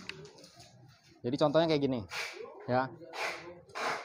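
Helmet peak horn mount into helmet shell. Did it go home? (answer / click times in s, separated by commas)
no / none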